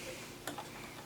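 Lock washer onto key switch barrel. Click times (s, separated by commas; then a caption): 0.5 s. A flatted lock washer is pushed onto the threaded barrel of the calibration key switch on a Datron 1062 Autocal digital multimeter and locked into place. A single short, sharp tick is heard at 0.5 s against a low background hiss. The washer is seated on the switch barrel.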